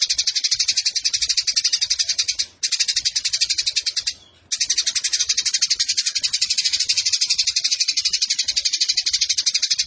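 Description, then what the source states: Eurasian tree sparrow giving fast, harsh, high chatter in long continuous bursts, with two brief breaks partway through. Used for bird song competitions; local song style 'tarung nembak panjang' (fighting, long shooting bursts); clear voice; master recording for training competition birds.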